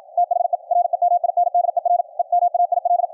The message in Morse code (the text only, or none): THE REMINDER EMAIL